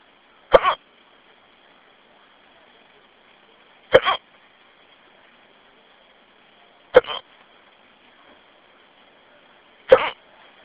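Four abrupt, sharp hiccups from an adult at a steady rhythm, about 20 a minute, over a quiet phone line.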